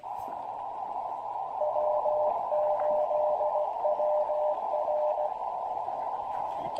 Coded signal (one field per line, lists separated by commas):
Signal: Morse code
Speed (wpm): 16 wpm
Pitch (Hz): 600 Hz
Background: radio noise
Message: W8WR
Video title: QRP & Tea: Pairing the Elecraft KX2 & AX1 under shelter at Tuttle Educational State Forest